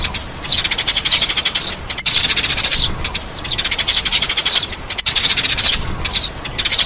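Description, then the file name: Sparrow calls as rapid runs of sharp, high chirps in bursts separated by short gaps. "Tieng se"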